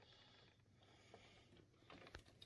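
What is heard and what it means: During ventilator setup, a temperature probe is pushed into its port on a plastic breathing circuit to monitor the air temperature. After low handling rustle, sharp clicks sound at about 2.2 and 2.4 seconds as the probe snaps into place and is seated.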